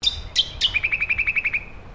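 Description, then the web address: Brown honeyeater call: three sharp, high descending notes, then a quick, even run of about ten short chips lower in pitch. "Sound Effects-Foundation 1 BIRD BROWN HONEY EATER CALL"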